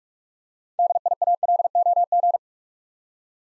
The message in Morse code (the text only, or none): DIALOG